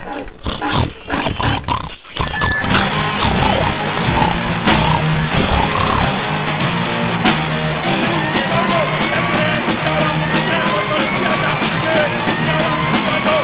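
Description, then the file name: Pigs squealing: a few choppy bursts, then a sustained chorus of harsh, overlapping squeals and grunts. "cerdos"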